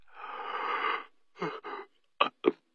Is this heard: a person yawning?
yes